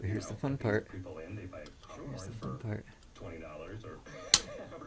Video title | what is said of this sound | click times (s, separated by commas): 1980 Yamaha XS1100 Special New Shim Install, re-install cams, and re-check clearances | Yay! Audible click. | 4.3 s